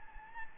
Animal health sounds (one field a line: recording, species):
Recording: mosquito wingbeat signal from an infrared sensor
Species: Anopheles gambiae